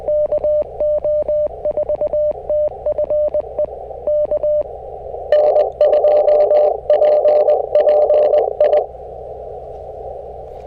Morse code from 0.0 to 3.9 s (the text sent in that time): KO4TFE